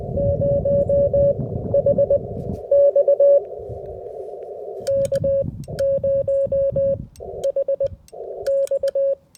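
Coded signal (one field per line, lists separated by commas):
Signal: Morse code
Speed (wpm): 20 wpm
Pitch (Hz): 560 Hz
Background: music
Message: 0HX K 0HX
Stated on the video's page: Full POTA activation using a SOTA POTA 150 antenna.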